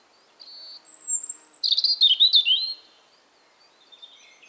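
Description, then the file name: European robin singing a short phrase: a high thin whistle, a long sweet note, then a quick tumbling series of sharp, pure tones, followed by quiet. "Erithacus rubecula"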